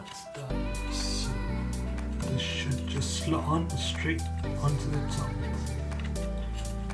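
A birch plywood piece of a 3D wooden puzzle ship is handled and pressed toward its slot on the ship's slotted base while music plays and someone talks. The piece has not gone home yet, and nothing has seated or clicked.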